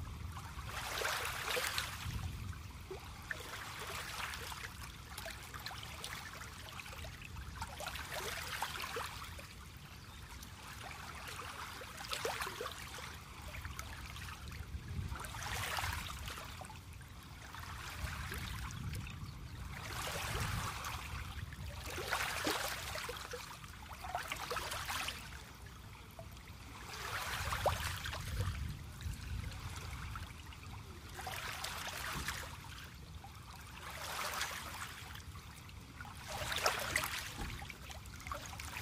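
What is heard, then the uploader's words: A breeze at a dockyard, with a low steady rumble and water splashing and lapping in regular surges every two or three seconds. Dockyard Breeze. We enjoy the sounds of a semi-busy dockyard.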